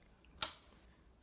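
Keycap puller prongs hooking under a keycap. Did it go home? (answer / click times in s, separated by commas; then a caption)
yes / 0.4 s. A wire keycap puller is pushed down over a plastic (ABS) keycap on a mechanical keyboard of a Kinesis Advantage 2 until its prongs catch under the cap. A faint tick at 0.3 s comes before a sharp, bright click at 0.4 s that decays over about 0.2 s. This click shows the puller has gripped the keycap, ready to be gently wiggled off.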